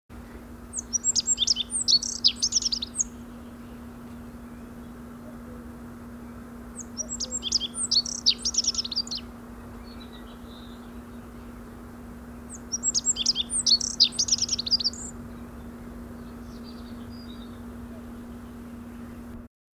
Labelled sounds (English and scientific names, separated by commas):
Rock Bunting (Emberiza cia) song